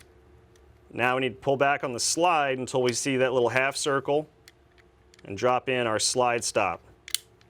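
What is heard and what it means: Someone talks while a slide stop is being fitted into the half-circle notch of a Kimber Micro 9 pistol slide, with the slide pulled back to the notch. A few faint handling ticks follow, with a brief sharper tick near the end. Nothing has seated or clicked yet.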